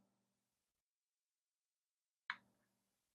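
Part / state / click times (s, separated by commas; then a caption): SD memory card into camcorder card slot / seated / 2.3 s. An SD memory card is pushed back into the camcorder's spring-loaded card slot. After a faint low hum and near silence, a single sharp click at 2.3 s marks the card latching, followed by a short fading low hum. The card is seated.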